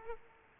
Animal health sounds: mosquito wingbeat signal from an infrared sensor; Aedes aegypti

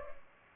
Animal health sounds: mosquito wingbeat signal from an infrared sensor; Culex pipiens

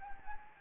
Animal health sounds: mosquito wingbeat signal from an infrared sensor; Anopheles gambiae

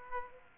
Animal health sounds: mosquito wingbeat signal from an infrared sensor; Aedes aegypti

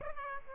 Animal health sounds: mosquito wingbeat signal from an infrared sensor; Aedes aegypti

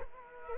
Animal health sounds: mosquito wingbeat signal from an infrared sensor; Culex quinquefasciatus

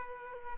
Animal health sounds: mosquito wingbeat signal from an infrared sensor; Aedes aegypti

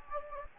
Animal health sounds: mosquito wingbeat signal from an infrared sensor; Anopheles gambiae

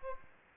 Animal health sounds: mosquito wingbeat signal from an infrared sensor; Aedes aegypti

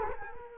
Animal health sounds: mosquito wingbeat signal from an infrared sensor; Culex quinquefasciatus

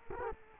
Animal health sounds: mosquito wingbeat signal from an infrared sensor; Culex quinquefasciatus

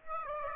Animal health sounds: mosquito wingbeat signal from an infrared sensor; Aedes aegypti

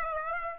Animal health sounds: mosquito wingbeat signal from an infrared sensor; Aedes aegypti

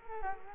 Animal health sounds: mosquito wingbeat signal from an infrared sensor; Culex quinquefasciatus

